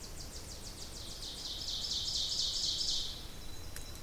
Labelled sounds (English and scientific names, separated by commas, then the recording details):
Ovenbird (Seiurus aurocapilla) song
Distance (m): 35 m
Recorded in boreal forest in Alberta, Canada, on 26 May 2016 at 07:30
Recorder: SongMeter 3, array SBT-3-15
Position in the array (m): 38 m, 234 m
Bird 20